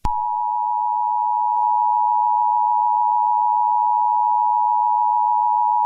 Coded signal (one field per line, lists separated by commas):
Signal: Emergency Alert System (SAME) tones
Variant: 853 and 960 Hz attention tone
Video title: Blood Rain - Halloween EAS Mock Scenario